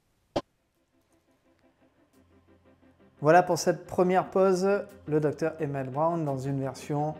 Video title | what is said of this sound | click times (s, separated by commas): UNBOXING REVIEW - HOTTOYS - DR EMMET BROWN - BACK TO THE FUTURE PART 3 - RETOUR VERS LE FUTUR 3 - 4K | c'est normal la tige qui va venir directement se clipser pour pouvoir tenir le personnage voilà | 0.4 s